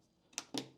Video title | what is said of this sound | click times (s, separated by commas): Black Ops 6 Budget Gaming PC - Full Build Guide | click. We got the motherboard done. | 0.4 s